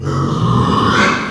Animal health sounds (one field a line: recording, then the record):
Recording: squeal of a Yucatan mini pig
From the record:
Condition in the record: after surgery on the right vocal fold (resection and tissue-engineered implant)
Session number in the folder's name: 15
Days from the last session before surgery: 175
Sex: female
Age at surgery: 19 weeks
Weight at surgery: 25 kg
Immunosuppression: prednisolone